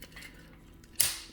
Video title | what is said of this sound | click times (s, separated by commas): Transformers Review: Studio Series Shockwave | that was hips they're gonna swing up and in until the snap in place like that and | 1.0 s